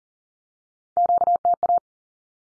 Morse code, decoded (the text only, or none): QTA